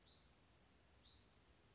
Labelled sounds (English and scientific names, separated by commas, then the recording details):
Hutton's Vireo (Vireo huttoni)
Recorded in Sonoma County, California